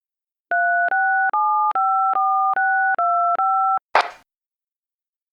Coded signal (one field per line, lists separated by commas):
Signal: DTMF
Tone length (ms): 410 ms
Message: 36754625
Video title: EAS Scenario: 2:14 AM